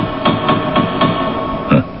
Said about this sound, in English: May I knock